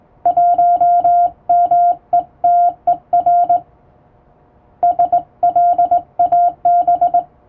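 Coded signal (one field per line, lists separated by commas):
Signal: Morse code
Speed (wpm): 20 wpm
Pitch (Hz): 700 Hz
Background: none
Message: 1 METER SLAB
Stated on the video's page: Hand-sent international Morse practice on a straight (vertical) key, using typing-speed test text; playback speed adjustable.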